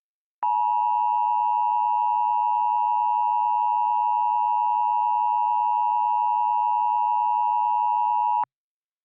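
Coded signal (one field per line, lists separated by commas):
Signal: Emergency Alert System (SAME) tones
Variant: 853 and 960 Hz attention tone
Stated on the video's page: Fictional EAS scenario about an asteroid impact near the West Coast.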